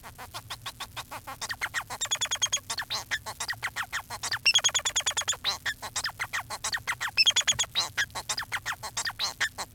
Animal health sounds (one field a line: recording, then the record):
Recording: song of a male Bengalese finch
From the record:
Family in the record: son of father 4